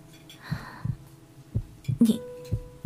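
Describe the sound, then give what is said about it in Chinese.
A heartbeat thumps in deep, muffled double beats, about seven soft thuds in a steady lub-dub rhythm over a faint low hum, with no voices. “清晰地听到自己心跳的声音。”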